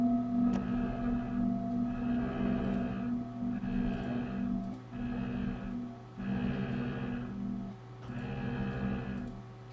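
Several Tibetan singing bowls ring together in a sustained, layered metallic drone: steady low tones with shimmering overtones that swell and pulse in slow waves, with no voices.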